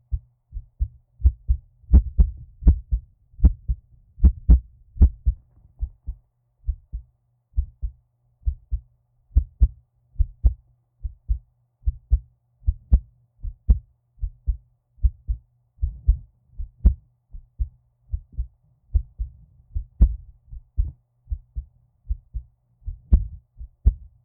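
Soft, deep thumps repeat beat by beat at a resting pace, with paired lub-dub sounds in places. This is an ordinary adult woman's heartbeat, heard close against her chest as if lying in her arms. A faint low hum runs underneath.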